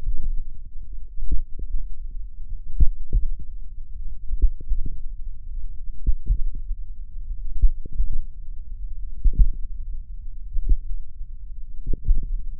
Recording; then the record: forearm muscle sounds (acoustic myography)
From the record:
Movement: tripod grip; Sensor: system 1, eight BSWA MPA416 microphones around the upper forearm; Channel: 5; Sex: female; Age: 21 years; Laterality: right